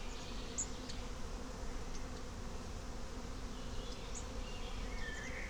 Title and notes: Klettenstieg, Rahlstedt, Wandsbek, Hamburg, 22143, Deutschland - Bienen und Vögel im Wald - im Mai. 1A Frühlingwetter. Die Bienen, genauso wie die Vögel geben alles. Aufnahme mit dem Olympus LS12 mit dem Badewannen-Doppelnacken-Mikrofon